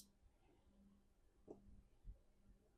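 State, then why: Not seated. A plastic body part of a 1/64 scale single axle Peterbilt 389 model truck, with glue residue and paint scraped off, is handled and pressed toward its chassis pins. Quiet handling noise with soft bumps near 1.5 s and 2.1 s leads to a sharp, brief sound right at the very end. Nothing has seated or clicked into place yet.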